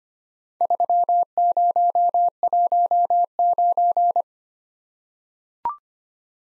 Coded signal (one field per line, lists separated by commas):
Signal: Morse code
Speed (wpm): 26 wpm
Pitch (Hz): 700 Hz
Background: none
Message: 3019